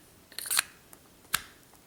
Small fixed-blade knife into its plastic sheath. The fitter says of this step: as you can hear it locks on there pretty good but